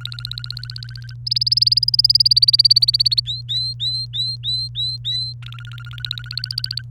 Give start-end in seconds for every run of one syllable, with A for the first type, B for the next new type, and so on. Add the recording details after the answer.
0.00-1.14 A, 1.26-3.20 B, 3.25-5.33 C, 5.42-6.82 A. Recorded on 29 April 2018 at 05:50. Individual llb3